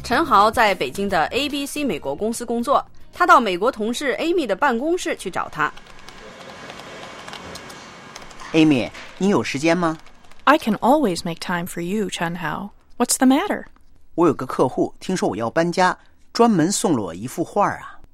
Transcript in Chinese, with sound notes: 陈豪在北京的 ABC 美国公司工作，他到美国同事 Amy 的办公室去找她。 (Office ambience) Amy, 你有时间吗?我有个客户，听说我搬家，专门送了我一幅画儿。